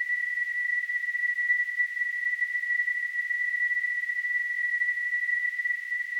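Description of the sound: A steady, unbroken high-pitched tone near 2 kHz runs the full six seconds over a faint hiss, with no rhythm or pauses. It is a simulation of tonal tinnitus, the constant ringing a person with tinnitus hears.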